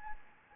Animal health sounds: mosquito wingbeat signal from an infrared sensor; Anopheles gambiae

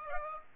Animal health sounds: mosquito wingbeat signal from an infrared sensor; Aedes aegypti

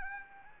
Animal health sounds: mosquito wingbeat signal from an infrared sensor; Anopheles gambiae

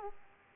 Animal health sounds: mosquito wingbeat signal from an infrared sensor; Aedes aegypti

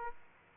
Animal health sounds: mosquito wingbeat signal from an infrared sensor; Aedes aegypti

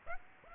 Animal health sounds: mosquito wingbeat signal from an infrared sensor; Aedes aegypti

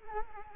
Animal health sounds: mosquito wingbeat signal from an infrared sensor; Culex quinquefasciatus

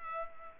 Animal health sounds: mosquito wingbeat signal from an infrared sensor; Culex pipiens

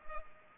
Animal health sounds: mosquito wingbeat signal from an infrared sensor; Culex pipiens

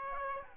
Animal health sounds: mosquito wingbeat signal from an infrared sensor; Aedes aegypti

